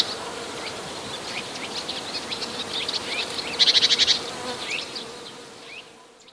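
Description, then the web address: Great tit singing short, high notes in scattered bursts, then a quick run of rapid ticking notes midway before the song fades out. Great tit song containing borrowings from sparrow sounds. "wroblowe zapozyczenia bogatka"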